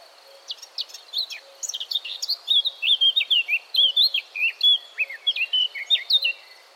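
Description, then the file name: Eurasian blackcap song, a rapid warbling run of varied chirps and whistled notes, louder after the first couple of seconds and lasting about six seconds, with a steady faint high hiss behind. "Sylvia atricapilla"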